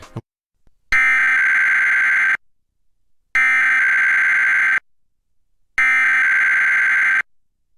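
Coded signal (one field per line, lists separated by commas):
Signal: Emergency Alert System (SAME) tones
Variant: header bursts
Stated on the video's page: Required Weekly Test relayed by a digital TV subchannel, captured from a digital tuner/recorder recording.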